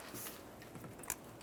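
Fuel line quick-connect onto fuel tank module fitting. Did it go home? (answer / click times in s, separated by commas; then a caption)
no / none. The last fuel line quick-connect on a 1994-2002 Dodge Ram 2500 is lined up and pushed toward its fuel tank module fitting while the tank is shifted, making soft handling and rubbing sounds with brief ticks near 1.0 and 1.1 seconds. Nothing has seated or clicked yet.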